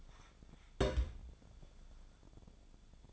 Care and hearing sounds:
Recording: daily activity, microphone in the room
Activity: place on stove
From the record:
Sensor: 5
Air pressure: 1000.0 hPa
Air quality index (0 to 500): 89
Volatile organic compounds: 1 ppm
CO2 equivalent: 731 ppm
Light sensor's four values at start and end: 325/774/335/376 and 331/791/341/382

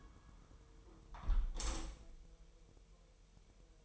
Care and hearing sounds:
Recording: daily activity, microphone in the room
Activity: close window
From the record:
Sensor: 1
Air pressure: 999.8 hPa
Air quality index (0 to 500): 235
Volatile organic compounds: 104 ppm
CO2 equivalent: 3781 ppm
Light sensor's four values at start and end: 11/27/11/12 and 10/25/10/11

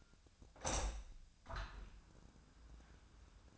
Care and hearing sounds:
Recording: daily activity, microphone in the room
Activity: open window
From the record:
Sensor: 2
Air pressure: 1004.5 hPa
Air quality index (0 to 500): 75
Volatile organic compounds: 1 ppm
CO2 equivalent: 885 ppm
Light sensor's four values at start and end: 6/14/5/5 and 6/14/5/5

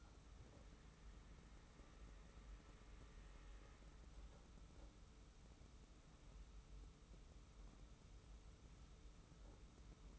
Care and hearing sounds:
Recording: daily activity, microphone in the room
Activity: wipe stove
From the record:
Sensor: 1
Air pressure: 991.5 hPa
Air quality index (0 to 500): 135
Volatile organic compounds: 557 ppm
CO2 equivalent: 4891 ppm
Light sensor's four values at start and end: 40/124/49/51 and 40/124/49/50

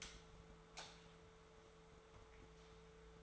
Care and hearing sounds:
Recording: daily activity, microphone in the room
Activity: light off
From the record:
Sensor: 3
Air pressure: 1014.8 hPa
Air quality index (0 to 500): 194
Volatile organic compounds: 25 ppm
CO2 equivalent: 2829 ppm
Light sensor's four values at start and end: 13/35/14/14 and 11/26/10/11

